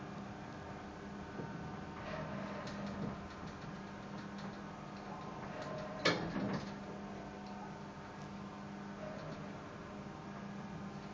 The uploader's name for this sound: The sound of a 100 year old Elevator